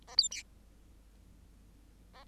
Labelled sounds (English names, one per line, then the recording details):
Bengalese Finch song
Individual Bird8